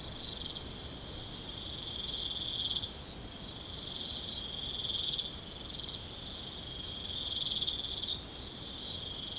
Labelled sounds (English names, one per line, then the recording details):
none
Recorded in pastures near Puerto Asís, Putumayo, Colombia, on 29 June 2025 at 01:30
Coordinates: 0.472, -76.331
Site G095